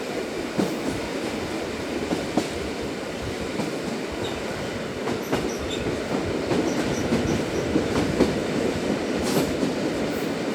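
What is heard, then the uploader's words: A steady low rumble fills the inside of a moving train, dense and unbroken for the whole stretch. Sharp clicks and knocks from the wheels and carriage come through irregularly, roughly every second or two, with faint high squeaks and chirps in the background. Sounds From a Train.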